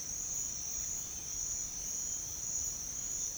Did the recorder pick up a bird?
no